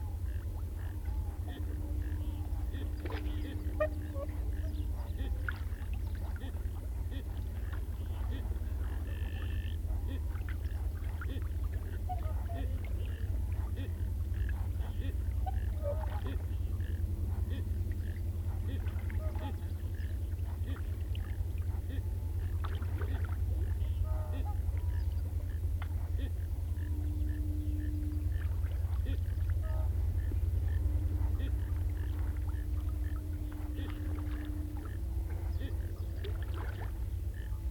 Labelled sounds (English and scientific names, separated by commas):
Common Goldeneye (Bucephala clangula)